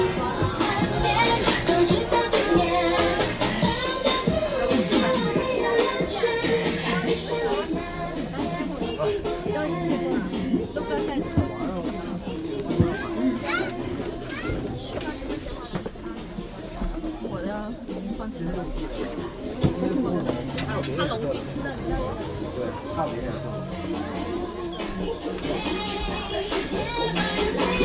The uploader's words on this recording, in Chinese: 声音来自南锣鼓巷。南锣鼓巷是一条胡同，位于北京中轴线东侧的交道口地区。